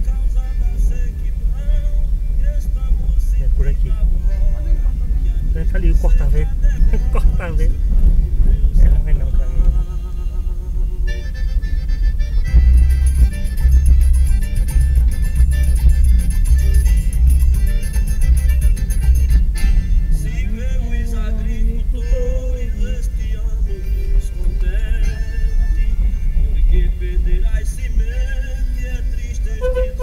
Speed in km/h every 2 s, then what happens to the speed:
17, 18, 19, 20, 21, 20, 22, 22, 21, 19, 20, 19, 19, 19, 20.
0-30 steady at about 20.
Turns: none.